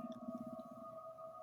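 A brief, low, pulsing gurgle lasts under a second and then fades into a steady tonal hum. It is an adult man's stomach growling (borborygmi), the ordinary rumbling of gas and fluid moving through the gut.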